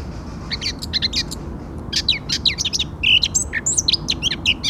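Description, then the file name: Eurasian blackcap delivering a rapid scratchy warble with bursts of high chattering notes and a few clearer whistles. "Sylvia atricapilla"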